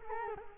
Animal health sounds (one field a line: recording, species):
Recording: mosquito wingbeat signal from an infrared sensor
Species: Culex quinquefasciatus